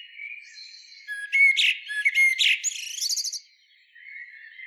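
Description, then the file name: Eurasian blackbird giving a short phrase of sharp squeaky notes and thin whistles, ending in a quick stuttered trill, then soft twittering. "Turdus merula"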